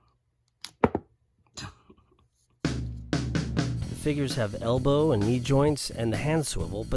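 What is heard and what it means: Pressing the button on the back of a Spy vs Spy action figure releases the throwing-arm catch, and the cocked plastic arm swings forward in its throwing action with sharp clicks at 0.7 and 0.8 s, followed by a few fainter knocks. From about 2.6 s, someone talks over background music.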